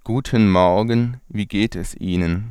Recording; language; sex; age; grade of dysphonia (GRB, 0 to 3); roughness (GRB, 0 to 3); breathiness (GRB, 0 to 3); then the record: spoken sentence; German; male; 20 to 29 years; 1; 0; 0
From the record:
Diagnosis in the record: healthy voice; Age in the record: 21 years